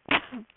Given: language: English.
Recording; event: throat vibration sensor signal played as sound; cough